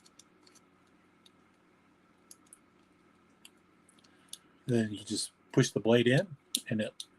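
A replaceable blade is being pushed by hand into an aluminum folding knife handle, with a few faint, sharp handling ticks over a quiet background before someone talks. The blade is still being handled and not yet home; nothing has seated or clicked yet.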